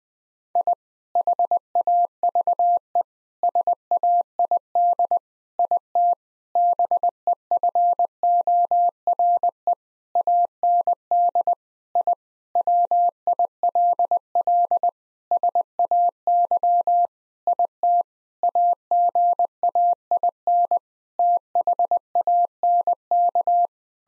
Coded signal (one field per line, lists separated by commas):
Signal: Morse code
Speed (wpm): 20 wpm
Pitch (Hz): 700 Hz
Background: none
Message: I HAVE SAID IT BEFORE AND I WILL SAY IT AGAIN THANK